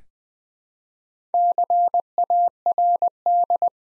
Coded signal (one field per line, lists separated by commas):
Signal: Morse code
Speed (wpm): 20 wpm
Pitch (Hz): 700 Hz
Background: none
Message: CARD